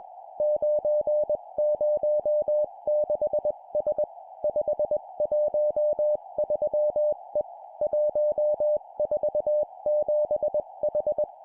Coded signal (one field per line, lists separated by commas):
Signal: Morse code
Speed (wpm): 20 wpm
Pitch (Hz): 600 Hz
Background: music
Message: 906S 513E 147H